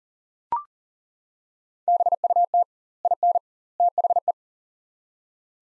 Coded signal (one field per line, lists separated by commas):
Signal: Morse code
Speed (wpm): 40 wpm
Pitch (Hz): 700 Hz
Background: none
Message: BUT IN THE